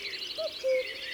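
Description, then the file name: Common cuckoo song: one clear two-note cu-coo, with the second note lower, and soft birdsong in the background. "Coucou gris ABC des chants doiseaux"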